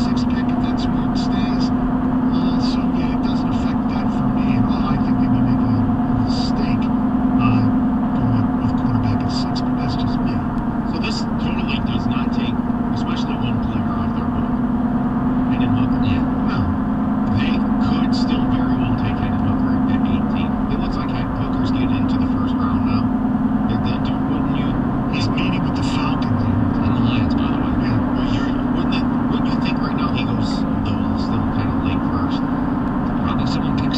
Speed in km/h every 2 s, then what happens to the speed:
85, 87, 87, 85, 84, 82, 82, 87, 87, 89, 89, 87, 89, 100, 93, 93, 92.
0-13 steady at about 85. 16-22 steady at about 87. 22-25 speeds up to 100.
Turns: none.